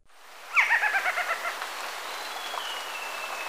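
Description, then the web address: Golden-headed quetzal gives a quick stuttering run of notes that fades out, followed by a thin high whistle from another bird. Recorded in Ecuador. "Natures Songs S America Birds of Ecuador Golden-headed Quetzal"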